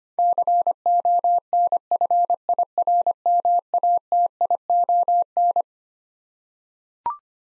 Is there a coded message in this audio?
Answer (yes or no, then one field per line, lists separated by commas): yes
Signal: Morse code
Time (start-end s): 0.2-5.6 s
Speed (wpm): 25 wpm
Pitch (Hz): 700 Hz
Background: none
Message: CONFIRMATION